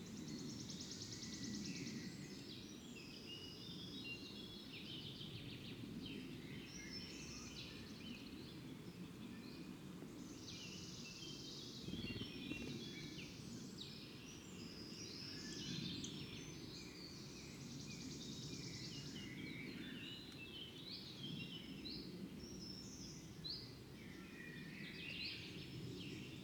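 Birds sing in the morning over a steady low rumble, with many overlapping high chirps, trills and whistles coming and going throughout. Buzzy bursts stand out around the start and near twelve seconds, while the low noise stays constant beneath.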